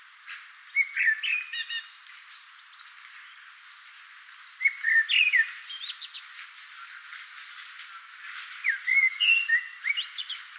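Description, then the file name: Common blackbird song: three mellow fluted phrases about four seconds apart, each ending in a higher squeaky twitter, with faint chirps between. "Turdus merula"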